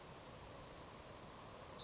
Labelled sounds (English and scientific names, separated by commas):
Savannah Sparrow (Passerculus sandwichensis)